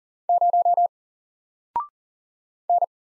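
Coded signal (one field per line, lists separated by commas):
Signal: Morse code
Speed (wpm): 39 wpm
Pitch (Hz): 700 Hz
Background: none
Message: 0 N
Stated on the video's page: Morse practice at 40 wpm of single letters and numbers, each sent, spoken, then sent again for head-copy.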